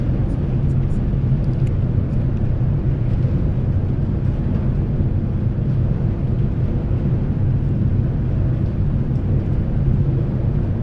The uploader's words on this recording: Seattle Inbound Front Car Deck Transit Stereo. A days' worth of round-trips on the Seattle-Bainbridge Island Ferry, nearly all short fore-and-aft from then passenger and car decks.